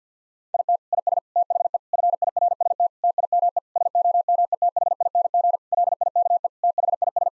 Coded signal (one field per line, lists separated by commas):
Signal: Morse code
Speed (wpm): 50 wpm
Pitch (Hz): 700 Hz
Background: none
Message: IT IS THE FIRST TIME SOMETHING LIKE THIS